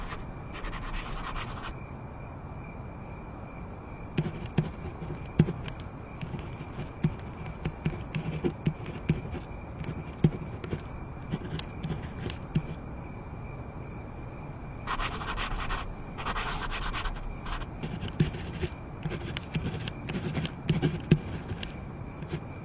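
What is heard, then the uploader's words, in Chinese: Writing and page-turning at night: steady pen scratches and rubs throughout, with longer brushing page sounds near the start, around fifteen seconds, and later. 深夜在宿舍学习 超舒适夜间写字声翻书声。深夜宿舍学习 氛围白噪音。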